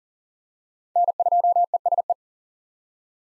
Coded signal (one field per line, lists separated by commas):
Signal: Morse code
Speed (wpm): 40 wpm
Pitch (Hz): 700 Hz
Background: none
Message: N2ESE